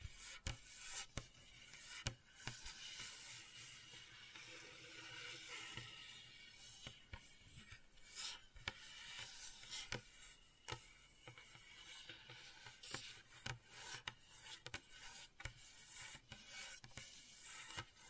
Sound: ASMR Gentle Scratching